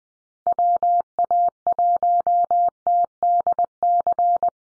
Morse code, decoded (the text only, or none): WA1TDC